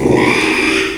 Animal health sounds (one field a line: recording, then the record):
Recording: squeal of a Yucatan mini pig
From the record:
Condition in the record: after surgery on the right vocal fold (resection and tissue-engineered implant)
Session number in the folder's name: 1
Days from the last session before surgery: 6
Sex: male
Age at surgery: 12 weeks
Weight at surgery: 13 kg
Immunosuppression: cyclosporine, prednisolone